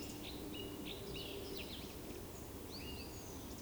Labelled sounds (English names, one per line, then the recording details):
Eurasian Woodcock whistle
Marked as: whistle, whistle
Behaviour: display flight
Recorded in Baden-Württemberg, Germany, on 28 May 2020 at 19:32 UTC
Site 31917, 145 m above sea level